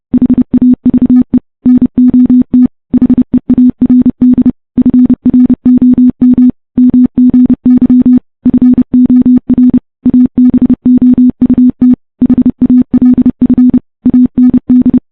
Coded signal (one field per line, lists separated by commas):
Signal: Morse code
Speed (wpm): 30 wpm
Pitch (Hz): 250 Hz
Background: none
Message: HAVE NOT HEARD FROM MGY FOR ABOUT HALF AND